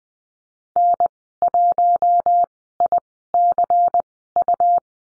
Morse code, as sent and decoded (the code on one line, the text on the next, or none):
-. .---- .. -.-. ..-
N1ICU